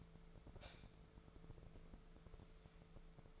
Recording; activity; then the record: daily activity, microphone in the room; light on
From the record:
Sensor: 5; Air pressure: 1014.8 hPa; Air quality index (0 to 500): 171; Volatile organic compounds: 6 ppm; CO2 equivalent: 1885 ppm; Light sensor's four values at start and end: 79/188/79/85 and 96/231/98/107